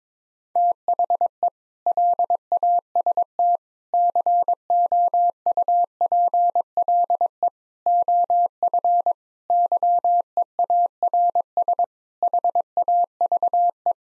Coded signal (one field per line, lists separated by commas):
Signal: Morse code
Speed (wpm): 22 wpm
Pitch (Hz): 700 Hz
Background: none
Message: THE LAST COUPLE OF YEARS HAVE